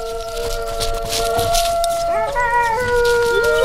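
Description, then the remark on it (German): A recording of wolves howling played from a cassette tape recorder, long, sustained, overlapping tones that hold steady and then glide in pitch, repeating regularly and echoing off walls, over a constant hissy background, with no talking. “Das Geheul kommt vom Band. Deshalb ertönt es so regelmäßig.”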